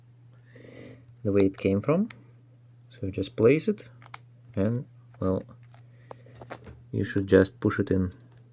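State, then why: Not seated. Someone talks while a plastic key cap is placed back on a Xiaomi laptop keyboard, ready to be pushed down onto its latches. A few faint, brief ticks come between about 5.7 and 6.5 seconds, amid steady low hum. The clip ends before the cap goes home, and nothing has seated or clicked yet.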